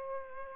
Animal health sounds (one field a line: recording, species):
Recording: mosquito wingbeat signal from an infrared sensor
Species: Aedes albopictus